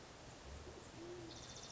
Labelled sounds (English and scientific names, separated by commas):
Band-tailed Pigeon (Patagioenas fasciata)